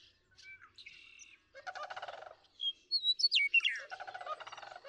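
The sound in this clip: Sandhill crane giving two rolling, rattling calls, with sharp whistled chirps and slurred notes from other birds before and between them.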